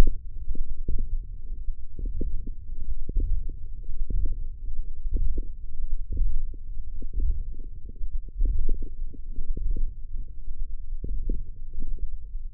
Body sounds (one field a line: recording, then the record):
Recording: forearm muscle sounds (acoustic myography)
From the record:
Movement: radial deviation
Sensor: system 1, eight BSWA MPA416 microphones around the upper forearm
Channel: 6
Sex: female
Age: 22 years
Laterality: right